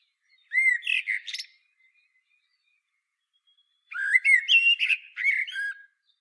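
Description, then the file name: Common blackbird, two song phrases a few seconds apart, each of fluty whistles mixed with thin, scratchy high twittering. "Turdus merula"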